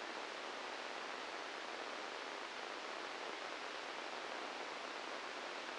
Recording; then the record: brain microelectrode recording played as sound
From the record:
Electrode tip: inside the subthalamic nucleus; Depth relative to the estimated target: 2 mm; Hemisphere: right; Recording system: NeuroSet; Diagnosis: Parkinson's disease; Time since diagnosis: 15 years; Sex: female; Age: 59 years